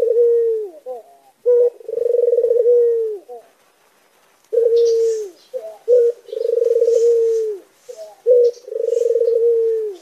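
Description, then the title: Barbary dove gives repeated coos, each a brief clipped note followed by a drawn-out rolling coo, with a silent gap midway and soft chirps behind. Masteran of a white Barbary dove, used for teaching songbirds. "Kicau Mania Masteran Burung Puter Putih"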